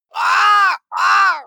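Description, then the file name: Raven giving two harsh, hoarse croaks in quick succession, each about two-thirds of a second long and slightly arched in pitch. "bird raven"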